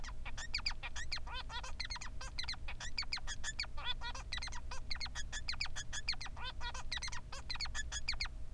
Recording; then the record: song of a male Bengalese finch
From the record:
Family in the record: son of father 3